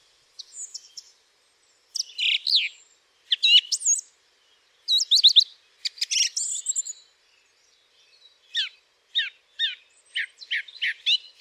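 Song thrush singing a series of varied phrases, some clear and some scratchy, separated by brief pauses.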